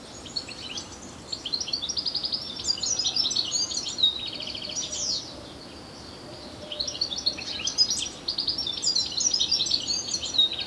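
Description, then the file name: European Goldfinch producing jingling twitters and buzzy trilled notes in two main bouts with a quiet break between them. "Carduelis carduelis"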